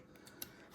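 A soldered metal pin for a negative terminal is tapped into a plastic connector housing resting on a small piece of wood, using a 3 mm hex key and pliers. Two soft taps around 0.2 s and 0.3 s are followed by a sharp, bright click at 0.4 s as the pin locks home, leaving it seated securely in the housing.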